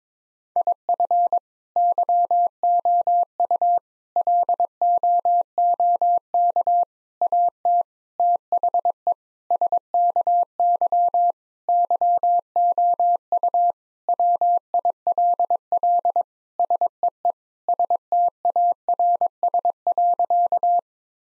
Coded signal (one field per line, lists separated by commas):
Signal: Morse code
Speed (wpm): 22 wpm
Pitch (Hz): 700 Hz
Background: none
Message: IF YOU LOOK AT THE SKY YOU WILL SEE STARS.